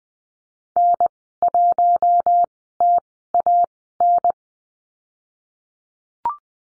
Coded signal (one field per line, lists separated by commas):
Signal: Morse code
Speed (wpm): 20 wpm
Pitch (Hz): 700 Hz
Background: none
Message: N1TAN